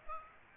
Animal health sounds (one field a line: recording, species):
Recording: mosquito wingbeat signal from an infrared sensor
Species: Aedes aegypti